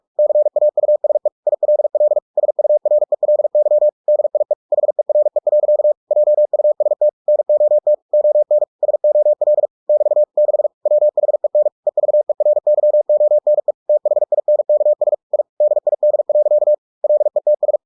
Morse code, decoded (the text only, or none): CAUSE ILL SURELY DIE HERE. JUST NOT ON SOL <BT> 6 WHEN EVERYONE THINKS I DID. LETS